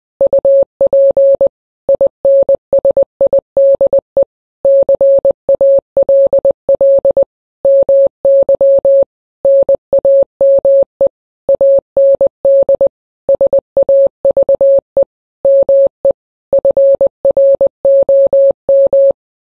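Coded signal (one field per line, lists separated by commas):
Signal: Morse code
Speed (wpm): 20 wpm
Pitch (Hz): 550 Hz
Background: none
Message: UP INSIDE CALL MY NAME AND SAVE ME FROM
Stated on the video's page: Morse code of song lyrics, used in place of music and singing.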